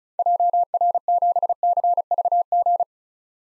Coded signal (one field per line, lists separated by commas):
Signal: Morse code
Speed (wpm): 34 wpm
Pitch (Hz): 700 Hz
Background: none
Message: JR7CVG